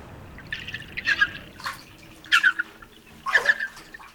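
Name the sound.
water sloshing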